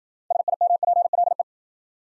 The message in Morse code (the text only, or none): SIMPLE